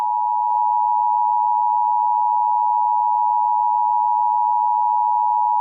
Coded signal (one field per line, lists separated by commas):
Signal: Emergency Alert System (SAME) tones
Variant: 853 and 960 Hz attention tone